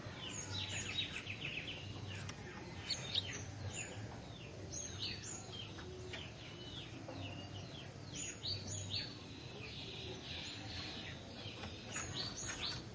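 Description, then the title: Plain Prinia chirping short high notes in irregular runs over noticeable low background hum and hiss. "Ciblek Sawah"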